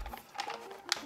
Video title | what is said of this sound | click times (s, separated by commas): Alien Gear Dynamic Drop Leg With Taq-Strap | you'll hear it lock | 0.9 s